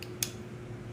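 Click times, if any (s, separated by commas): 0.0 s, 0.2 s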